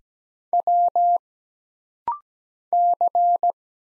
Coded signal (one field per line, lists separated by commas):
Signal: Morse code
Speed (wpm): 17 wpm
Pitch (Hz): 700 Hz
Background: none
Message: W C